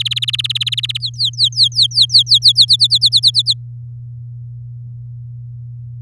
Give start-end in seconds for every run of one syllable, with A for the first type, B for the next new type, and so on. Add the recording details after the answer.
0.00-0.98 A, 1.00-2.65 B, 2.68-3.54 C. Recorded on 7 May 2018 at 07:52. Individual llb16